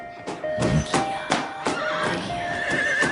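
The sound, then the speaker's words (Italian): Hooves clip-clop in a steady, even rhythm of sharp knocks while a horse whinnies with a high, wavering, shrill call that trembles toward the end. No one speaks. “Cazzo va sto cavallo?”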